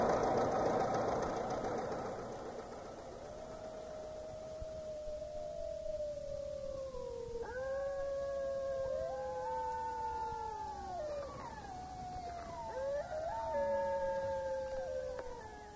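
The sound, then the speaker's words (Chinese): Several wolves howl in long, sliding tones, first a single wavering howl, then overlapping voices rising and falling in a mournful chorus, with a brief rustling burst at the start and no talking. “等着喂狼吧。”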